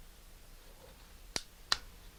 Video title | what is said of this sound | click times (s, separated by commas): Heli-Roc Assembly: Part 7 | then when the blades are free they will snap into place | 1.4 s, 1.7 s